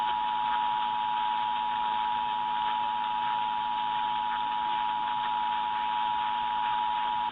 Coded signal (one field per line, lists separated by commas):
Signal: Emergency Alert System (SAME) tones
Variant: 853 and 960 Hz attention tone